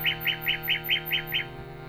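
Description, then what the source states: Common nightingale song, seven identical chirped notes in rapid succession, with a steady low hum beneath. Nightingale singing in collaboration with musicians.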